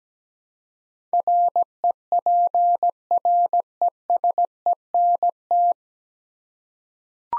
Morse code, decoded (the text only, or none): REPRESENT